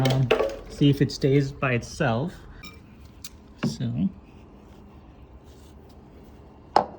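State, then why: Seated. A rubber jack pad is squeezed and pushed into a car's underbody jack point while someone talks. A sharp snap at 6.8 seconds marks the pad seating in the jack point, where it stays in place.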